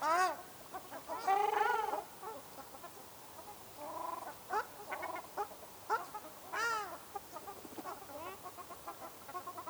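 Ruddy shelduck giving nasal, arched honks in irregular bursts, with short pauses between calls.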